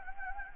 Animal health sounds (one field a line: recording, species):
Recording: mosquito wingbeat signal from an infrared sensor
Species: Anopheles gambiae